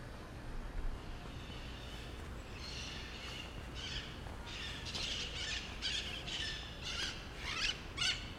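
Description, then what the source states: Bananaquit song: bursts of high, thin, sibilant notes in quick, uneven runs over steady low traffic rumble, growing busier in the second half. Heard near the door of the Copasa building on an early Sunday morning walk around 6 a.m., under a clear sky with few low clouds.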